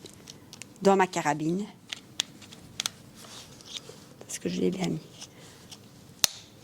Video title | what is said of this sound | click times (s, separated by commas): Présentation de la carabine PCP Gamo ARROW en 40 Joules. Un pack Complet pour 399,99 euros ! | Voilà. Il Le faut petit entendre le petit clic, clic, voilà. ouais. | 6.2 s